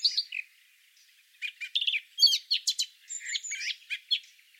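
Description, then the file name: Eurasian blackcap song: a few soft notes, a short pause, then a lively burst of chattering and sharp whistled phrases. "Sylvia atricapilla"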